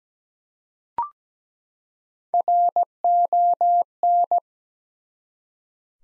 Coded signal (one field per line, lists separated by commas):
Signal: Morse code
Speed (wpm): 17 wpm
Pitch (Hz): 700 Hz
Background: none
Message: RON